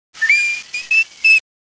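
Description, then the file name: Ring-tailed lemur chirps, a short series of high whistled notes: one long rising note, then three shorter level chirps over about a second. "Lemur catta--chirp series"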